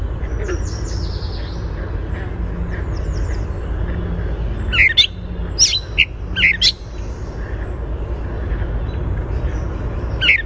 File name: GRCA song